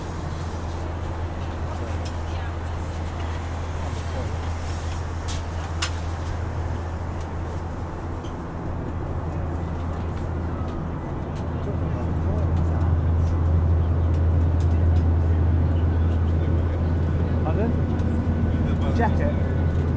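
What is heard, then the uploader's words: A steady, deep engine drone fills a flight from London Stansted to Skiathos, with a strong low hum running throughout. Faint voices and scattered clicks sit in the background. About twelve seconds in, the roar grows louder and stays at that level to the end. This week features a flight from London Stanstead airport to the Greek island of Skiathos. Binaural.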